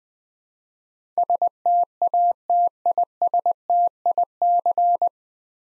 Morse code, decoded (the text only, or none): STATISTIC